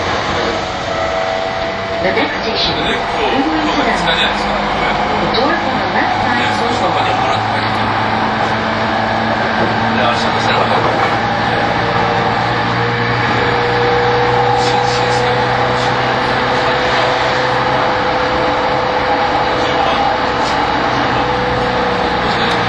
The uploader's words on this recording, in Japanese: E231系 山手線外回り01 東京～東京。2010年代当時山手線で主力車両だった、E231系山手線外回りを収録したものです。